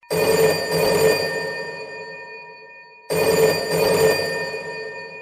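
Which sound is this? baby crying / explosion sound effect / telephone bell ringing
telephone bell ringing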